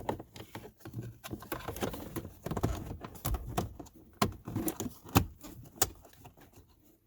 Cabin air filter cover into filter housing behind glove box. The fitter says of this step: It just snaps right in place.